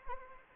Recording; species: mosquito wingbeat signal from an infrared sensor; Anopheles arabiensis